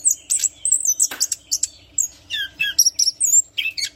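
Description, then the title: Orange-headed thrush song in lively bursts of shrill whistles, clicks and warbled notes, quick varied snippets delivered back to back, with a soft background hum. Song described as gacor ngeplong, meaning singing constantly and in full, loud voice. "Anis Kembang Gacor Ngeplong Istimewa Suara Burung"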